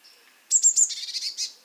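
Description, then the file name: Eurasian blue tit call: a few thin, very high notes running straight into a buzzy, scolding churr, lasting about a second. "Cyanistes caeruleus"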